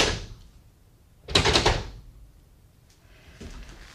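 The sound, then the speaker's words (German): A door shuts with one loud, sharp bang that rings briefly, framed by fainter scraping and rattling before and after. No voices are heard. “Machen Sie sofort die Tür auf.”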